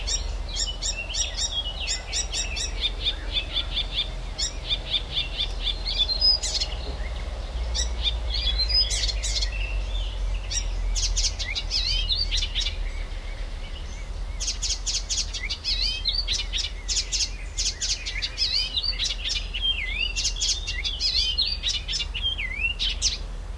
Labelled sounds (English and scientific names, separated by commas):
Icterine Warbler (Hippolais icterina)